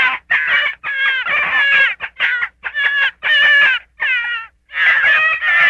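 Gray fox making drawn-out, wavering whines and squeals, several notes falling in pitch, with short breaks between them.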